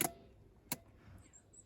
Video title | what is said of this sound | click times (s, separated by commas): How to install the Avionaut Cosmo 2.0 (Smart) infant carrier car seat on the Dock 2 ISOfix base | and now this Gap here between this the base and the back rest of the vehicle seat needs to be closed and you simply do that by pushing the base all the way in you'll hear it clicking | 0.0 s, 0.7 s